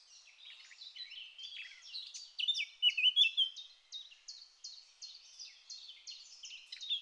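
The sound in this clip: Eurasian blackcap singing a dense, scratchy warble that builds into clearer fluted notes, then continues as a rapid train of short repeated chirps.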